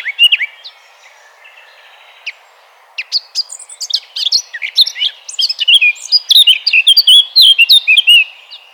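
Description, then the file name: Eurasian blackcap song: quiet, sparse chattering for three seconds, then a loud, quick, musical warble of rising and falling whistled notes. "Sylvia atricapilla 180115"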